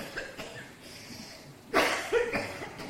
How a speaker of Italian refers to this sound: Era tutt'oggi che non tossivo. Credevo di essere guarita. Magari ti è andato qualcosa per traverso.